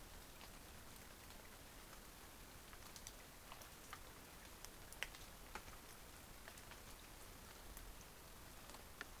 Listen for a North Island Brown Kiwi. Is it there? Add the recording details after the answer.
no. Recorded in New Zealand on 20 November 2013. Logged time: 22:29. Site CH69